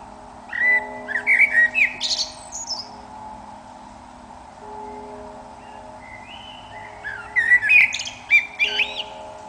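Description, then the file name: Eurasian blackbird song: two phrases of mellow whistled notes, each ending in a high, squeaky twitter, separated by a pause of several seconds over a steady low hum. "Turdus merula"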